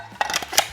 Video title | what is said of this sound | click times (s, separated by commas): Godox ML60 Review - Tiny Battery Powered Light! | snaps right in in case you're wondering how it snaps in this would be what's called a godox mount it's like a bowens mount | 0.6 s